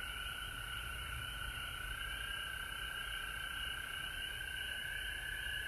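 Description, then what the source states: Frogs calling in a dense, steady chorus, a continuous high trilling drone with no pauses throughout. Recorded at home in Georgia on March 19, 2020.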